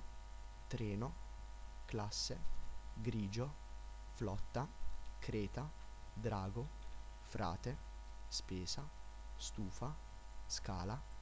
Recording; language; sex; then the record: read list of words; Italian; male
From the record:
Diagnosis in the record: healthy control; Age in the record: 19 years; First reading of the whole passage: 46 s, 11.4 characters per second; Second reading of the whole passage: 54 s, 9.6 characters per second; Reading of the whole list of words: 54 s, 5.2 characters per second